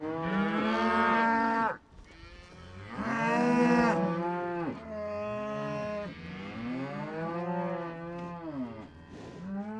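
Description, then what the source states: Cow: cattle mooing in several long, drawn-out harmonic calls that bend up and down in pitch, with breathy noise between them. Cows breathing on the microphone.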